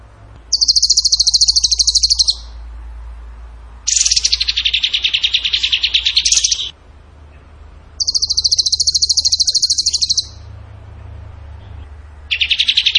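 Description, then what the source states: Bird song: several long bursts of fast, high, buzzy trilling separated by short pauses. Training song (masteran) in the tembakan gacor style.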